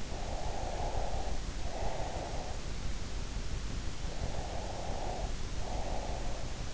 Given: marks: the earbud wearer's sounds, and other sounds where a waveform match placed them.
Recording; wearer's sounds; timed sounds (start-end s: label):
sounds in sleep by an in-ear microphone; breath
0.09-2.58 s: breath
4.10-6.74 s: breath